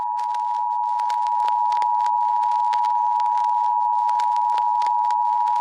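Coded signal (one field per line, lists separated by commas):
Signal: Emergency Alert System (SAME) tones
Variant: 853 and 960 Hz attention tone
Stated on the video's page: Fictional EAS scenario; the alert is simulated, not a real broadcast.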